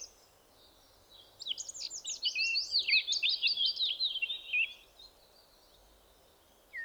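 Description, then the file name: Eurasian blackcap delivering a single energetic warbled phrase of about three seconds, twisting high whistles and chatter, framed by near silence. "Sylvia atricapilla"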